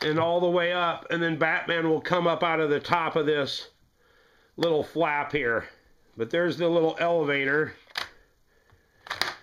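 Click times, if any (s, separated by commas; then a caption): 9.1 s, 9.2 s. Someone talks while moving the plastic elevator car of a Batman toy playset up its shaft. Sharp clicks at 9.1 s and 9.2 s are heard as the elevator catches and locks in at a level.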